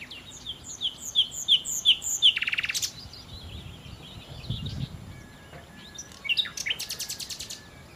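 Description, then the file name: Common nightingale song of evenly repeated sweet notes leading into a harsh rattling trill, then softer notes and another rapid clicking series. "Nachtigall"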